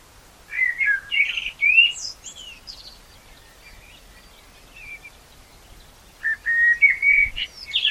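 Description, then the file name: Common blackbird song, two warbled phrases of low fluty whistles with high squeaky flourishes, separated by a few quiet seconds. "Turdus merula"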